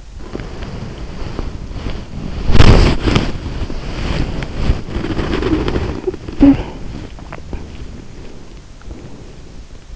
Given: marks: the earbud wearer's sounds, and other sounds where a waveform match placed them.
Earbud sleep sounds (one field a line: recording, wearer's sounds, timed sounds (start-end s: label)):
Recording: sounds in sleep by an in-ear microphone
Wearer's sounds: body movement, talking in sleep, swallowing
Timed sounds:
0.00-4.77 s: body movement
4.77-6.71 s: talking in sleep
6.71-8.13 s: swallowing